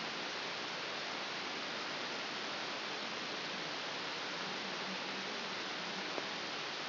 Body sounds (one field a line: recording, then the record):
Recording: brain microelectrode recording played as sound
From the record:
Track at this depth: outside the subthalamic nucleus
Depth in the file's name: 7.306 mm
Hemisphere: left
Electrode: 2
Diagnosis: Parkinson's disease